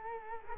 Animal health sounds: mosquito wingbeat signal from an infrared sensor; Culex quinquefasciatus

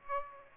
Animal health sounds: mosquito wingbeat signal from an infrared sensor; Aedes aegypti

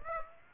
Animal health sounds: mosquito wingbeat signal from an infrared sensor; Aedes aegypti

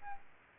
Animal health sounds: mosquito wingbeat signal from an infrared sensor; Aedes albopictus

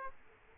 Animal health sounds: mosquito wingbeat signal from an infrared sensor; Aedes aegypti

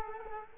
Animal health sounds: mosquito wingbeat signal from an infrared sensor; Culex quinquefasciatus

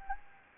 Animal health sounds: mosquito wingbeat signal from an infrared sensor; Anopheles gambiae

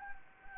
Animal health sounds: mosquito wingbeat signal from an infrared sensor; Anopheles gambiae

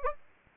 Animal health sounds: mosquito wingbeat signal from an infrared sensor; Anopheles gambiae

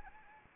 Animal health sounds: mosquito wingbeat signal from an infrared sensor; Anopheles arabiensis

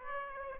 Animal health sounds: mosquito wingbeat signal from an infrared sensor; Aedes aegypti

